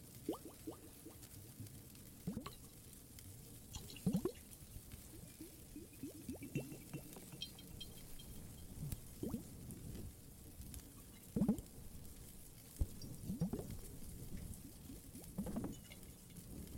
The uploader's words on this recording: Some more Cave ASMR, Water and Fireplace added.